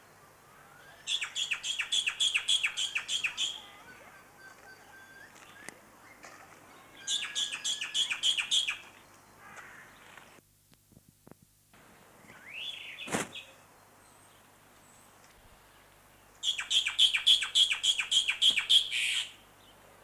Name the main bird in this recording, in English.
Black-winged Starling